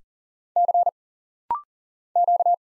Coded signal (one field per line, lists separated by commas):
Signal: Morse code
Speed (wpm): 40 wpm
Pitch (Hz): 700 Hz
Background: none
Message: C Q